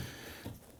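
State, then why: Not seated. A wheel-speed sensor (ABS) harness plug on a 2015-2020 Ford F-150 is lined up and pushed toward its mating vehicle wiring connector under the hood. Only faint handling and rubbing noise is heard, with a slight bump near 0.5 s before it quiets down. Nothing has seated or clicked yet.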